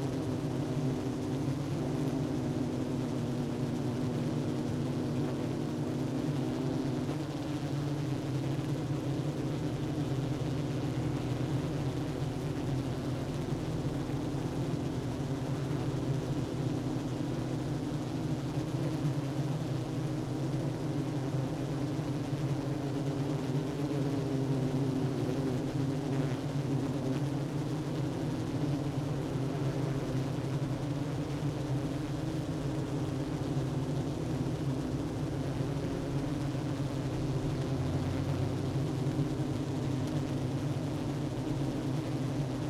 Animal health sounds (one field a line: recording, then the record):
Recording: honeybee colony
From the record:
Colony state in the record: active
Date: 12 June 2018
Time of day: 10:32